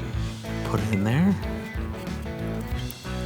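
A new rear windshield wiper blade is handled and fitted onto the wiper arm hook while someone talks over background music, with brief sharp sounds near 0.7 s and 2.9 s. The blade has not yet been slid home, and nothing has clicked or seated by the end of the clip.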